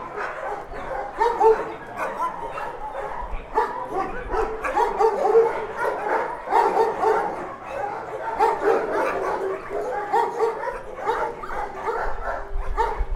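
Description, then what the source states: Dog: a dense chorus of many dogs barking continuously, overlapping barks and yelps with no pauses. Dogs recorded at a dog shelter.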